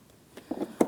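The metal tab on the interior door handle of a 2007-2014 GMC Sierra 2500 HD is lined up and slid down into its groove on the door. A faint tap at 0.4 s and a short scraping rustle around 0.5–0.7 s are followed by a sharp, bright click at 0.8 s. The tab is locked in position.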